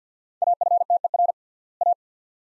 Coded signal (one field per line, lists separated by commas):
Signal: Morse code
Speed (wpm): 48 wpm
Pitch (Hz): 700 Hz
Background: none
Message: AFTER A